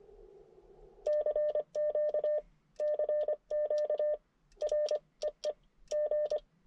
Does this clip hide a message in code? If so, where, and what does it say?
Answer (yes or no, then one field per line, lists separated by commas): yes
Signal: Morse code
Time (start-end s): 1.1-6.4 s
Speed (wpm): 24 wpm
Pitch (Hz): 600 Hz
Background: none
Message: CQ CQ REE G